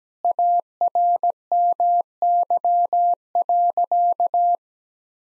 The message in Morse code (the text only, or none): ARMY.